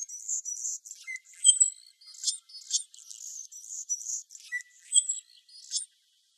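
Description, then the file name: Anna's hummingbird song: high, scratchy buzzy phrases alternating with sharp squeaky notes and brief thin whistles, delivered in a rapid repeated series with short pauses. Recorded in Arizona. "ANHU 1 deviche"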